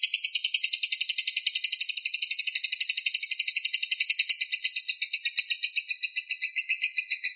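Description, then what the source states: Lovebird chatter, a continuous high shrill pulsed trill of rapid notes, running without a break. Song style called konslet.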